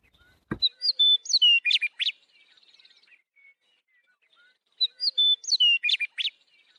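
Western Meadowlark song: a clear, flute-like phrase of slurred whistles ending in a quick gurgling jumble, given twice with a pause between.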